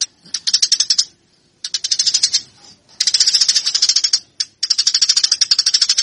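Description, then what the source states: Eurasian tree sparrow song, bursts of fast scratchy chirps separated by short pauses. Fighting-style (tarung) song.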